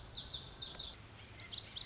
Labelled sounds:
Lazuli Bunting
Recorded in Sonoma County, California

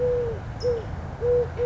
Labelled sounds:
California Towhee
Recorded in Sonoma County, California

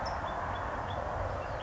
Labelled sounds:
California Towhee
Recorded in Sonoma County, California

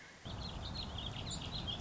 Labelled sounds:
Warbling Vireo
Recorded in Sonoma County, California

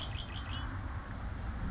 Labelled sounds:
Red-winged Blackbird
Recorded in Sonoma County, California

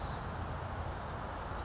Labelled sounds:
California Towhee
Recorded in Sonoma County, California

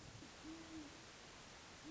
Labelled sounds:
Great Horned Owl
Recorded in Sonoma County, California

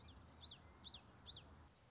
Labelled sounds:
Common Yellowthroat
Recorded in Sonoma County, California

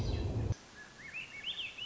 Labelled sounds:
Swainson's Thrush
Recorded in Sonoma County, California

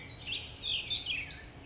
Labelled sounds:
Warbling Vireo
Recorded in Sonoma County, California

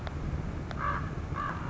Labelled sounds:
Common Raven
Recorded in Sonoma County, California

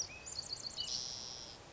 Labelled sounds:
Spotted Towhee
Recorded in Sonoma County, California

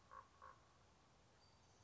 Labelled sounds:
Common Raven
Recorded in Sonoma County, California

